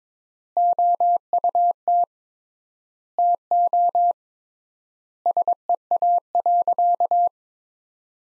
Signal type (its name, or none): Morse code